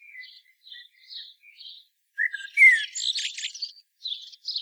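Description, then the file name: Common blackbird giving soft, quiet notes, then one loud phrase of a rich whistle followed by a squeaky, buzzy twitter. "Turdus merula"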